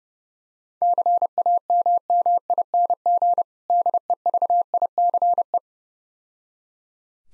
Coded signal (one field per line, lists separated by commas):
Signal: Morse code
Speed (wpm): 32 wpm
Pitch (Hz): 700 Hz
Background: none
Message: CAMMING DEVICE